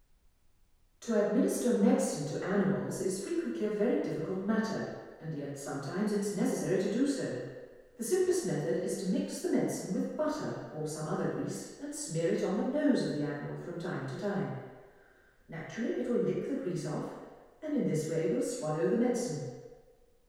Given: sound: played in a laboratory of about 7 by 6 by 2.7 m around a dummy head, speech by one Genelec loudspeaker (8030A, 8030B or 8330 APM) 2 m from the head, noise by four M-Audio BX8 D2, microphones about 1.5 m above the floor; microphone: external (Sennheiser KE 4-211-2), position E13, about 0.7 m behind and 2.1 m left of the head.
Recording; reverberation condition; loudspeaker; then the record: female speech in English; high; 120 degrees to the right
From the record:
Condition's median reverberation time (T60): about 1300 ms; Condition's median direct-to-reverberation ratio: about -4.0 dB